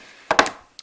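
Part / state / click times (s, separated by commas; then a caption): drain plug into cooler drain port / seated / 0.3 s, 0.4 s, 0.8 s. A plastic three-point drain plug is pushed into the drain port of an Igloo Marine Ultra Quantum Roller 52 qt cooler. After a quiet lead-in, two sharp plastic clicks sound at 0.3 s and 0.4 s with a short fading tail, followed by a brief faint tick at 0.8 s. The drain plug clicks firmly into place and is seated.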